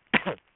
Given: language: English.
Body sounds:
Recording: throat vibration sensor signal played as sound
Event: cough

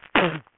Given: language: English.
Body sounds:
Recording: throat vibration sensor signal played as sound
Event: cough

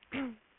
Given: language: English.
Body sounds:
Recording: throat vibration sensor signal played as sound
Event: throat clearing

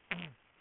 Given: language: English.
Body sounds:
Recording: throat vibration sensor signal played as sound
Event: throat clearing

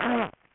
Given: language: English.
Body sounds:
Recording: throat vibration sensor signal played as sound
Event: throat clearing

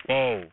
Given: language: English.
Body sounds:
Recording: throat vibration sensor signal played as sound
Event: speech

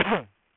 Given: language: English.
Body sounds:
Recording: throat vibration sensor signal played as sound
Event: cough

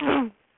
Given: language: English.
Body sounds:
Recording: throat vibration sensor signal played as sound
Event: throat clearing

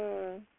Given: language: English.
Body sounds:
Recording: throat vibration sensor signal played as sound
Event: speech

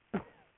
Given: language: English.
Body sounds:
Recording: throat vibration sensor signal played as sound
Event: cough

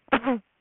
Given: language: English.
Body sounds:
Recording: throat vibration sensor signal played as sound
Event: throat clearing

